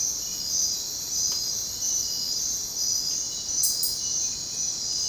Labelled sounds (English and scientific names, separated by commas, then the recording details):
none
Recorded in secondary vegetation near Puerto Asís, Putumayo, Colombia, on 9 March 2025 at 05:00
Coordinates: 0.484, -76.319
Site G010